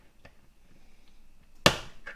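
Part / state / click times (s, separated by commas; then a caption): pin into right thumb/finger joint of a model robot endoskeleton / seated / 1.7 s. A pin is pushed through the right thumb/finger component of a 1:2 scale zinc alloy and ABS model robot endoskeleton kit. After a faint tick at 0.3 s, a sharp, bright snap at 1.7 s marks the pin clicking into the joint, followed by a softer tick at 2.1 s. The pin is seated.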